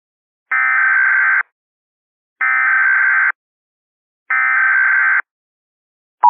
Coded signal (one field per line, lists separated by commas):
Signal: Emergency Alert System (SAME) tones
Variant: header bursts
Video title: EAS Scenario - Thunder Strikes